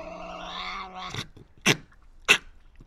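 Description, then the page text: Tasmanian devil cry: a fading harmonic whine followed by a few sharp, dry snapping clicks. Resident devils discussing who has priority, in an enclosure at the Devils@Cradle conservation facility, Cradle Mountain, Tasmania, on 24 October 2007. "Birdsong for the Curious Naturalist. Tasmanian devil. Inside an enclosure at the world-class conservation facility at Cradle Mountain, Tasmania"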